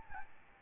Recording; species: mosquito wingbeat signal from an infrared sensor; Aedes albopictus